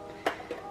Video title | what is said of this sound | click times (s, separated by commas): La Trousse Rectangle pour Débutants - Tuto Couture | je viens d'éclipser le pied classique | 0.3 s